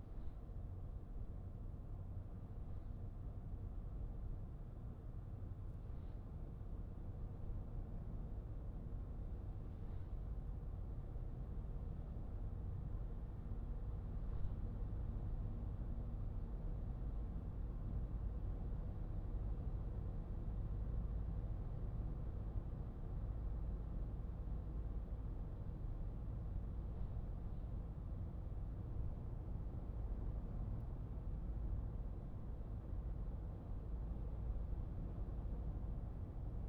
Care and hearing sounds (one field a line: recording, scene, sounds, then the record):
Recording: everyday scene through a hearing-aid microphone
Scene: in a vehicle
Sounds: engine, highway driving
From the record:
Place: Skoda Fabia, gasoline engine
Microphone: behind the ear, right, front